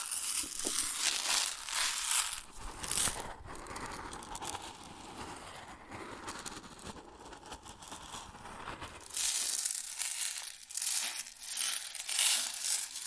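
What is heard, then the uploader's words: Grain shifts and rustles in a dense, crackling stream of fine crunching and crinkling that never stops. A fuller, lower pouring swell fills the middle stretch, then the sound thins back to bright, sharp rattling with quick bursts near the end. ASMR Grain Sounds (No Talking).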